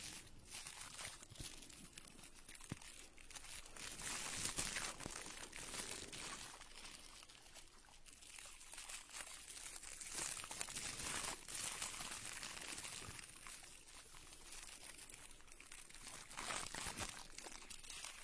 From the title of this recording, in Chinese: 抠耳朵